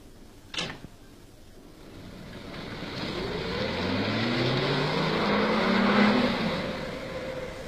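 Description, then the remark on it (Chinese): A taxi door thuds shut, then the taxi's engine revs up and it pulls away, its rising engine drone growing steadily louder as it accelerates and cruises along, driving around in circles. “出租车， 去哪儿？ 管他去哪儿呢，绕着圈子兜风。”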